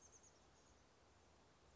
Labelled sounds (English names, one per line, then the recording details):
Chestnut-backed Chickadee
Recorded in Sonoma County, California